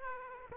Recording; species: mosquito wingbeat signal from an infrared sensor; Aedes aegypti